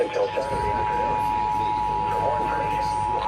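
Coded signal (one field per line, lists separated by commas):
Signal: Emergency Alert System (SAME) tones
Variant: 853 and 960 Hz attention tone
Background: speech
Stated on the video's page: Flood warnings received on NOAA Weather Radio at 162.550 and 162.475 MHz, FM and HD radio stations, and a TV station.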